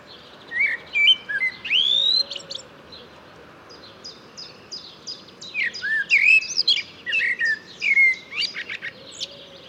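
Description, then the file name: Eurasian blackbird singing rich, fluty warbled phrases that break into high scratchy twitters, with a short pause between the two bursts. "Turdus merula"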